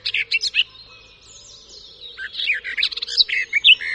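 Garden warbler song, a rapid mellow warble of mixed notes in two bursts, with a faint low hum underneath.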